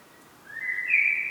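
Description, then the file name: Common blackbird giving a single fluty whistled note that rises and holds, starting after a short quiet lead-in. "Turdus merula"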